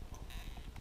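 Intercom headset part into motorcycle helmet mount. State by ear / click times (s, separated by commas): not seated / none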